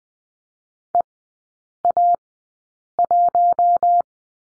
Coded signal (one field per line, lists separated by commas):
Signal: Morse code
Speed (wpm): 19 wpm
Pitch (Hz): 700 Hz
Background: none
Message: EA1